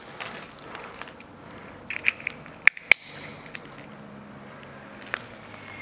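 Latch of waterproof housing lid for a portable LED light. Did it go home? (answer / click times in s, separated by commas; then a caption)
yes / 2.7 s, 2.9 s. The lid of a plastic waterproof housing holding a small Godox TL30 LED light is closed and its latches are pressed down. After a few light handling clicks, two loud, sharp snaps ring out at 2.7 and 2.9 seconds, followed by a faint tap near 5.1 seconds. The latches snap shut and the case is locked.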